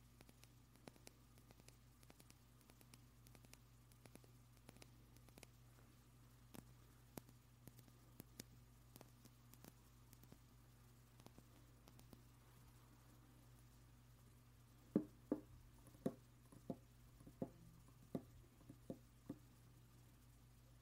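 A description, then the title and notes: Small, dry crinkles and light touches on a napkin, scattered sparsely at first, then louder in a cluster of sharp taps from about fifteen seconds until near the end. A steady low hum sits underneath throughout. 냅킨 바스락 바스락 만지는 소리 napkin crinkle & touching sound. 이번 영상은 냅킨 만지작 하는 소리를 녹음했어요...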